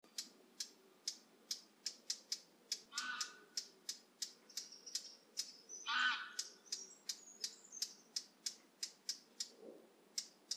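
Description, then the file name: Eurasian blackcap giving hard, dry tacking calls, repeated about twice a second throughout. "Sylvia atricapilla"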